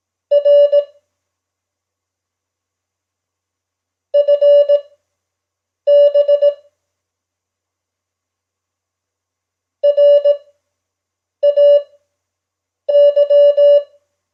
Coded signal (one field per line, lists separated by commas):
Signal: Morse code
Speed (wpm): 18 wpm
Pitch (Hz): 580 Hz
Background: none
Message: R FB RAY